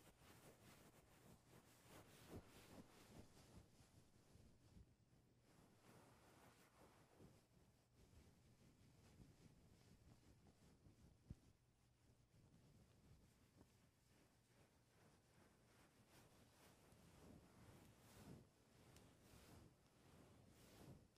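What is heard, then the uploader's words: A microphone is touched and rubbed throughout, giving a dense, rough rumble that never lets up, with a low steady hum beneath it. Sharp knocks cut through around 2.5, 11 and 18 seconds, and the scraping swells louder near the start and end. Mic touching.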